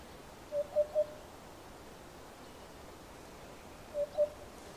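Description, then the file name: Eurasian hoopoe giving low, hollow hoots, a triple 'oop-oop-oop' and then a pair, evenly pitched and soft, over quiet background hiss. "Abubilla"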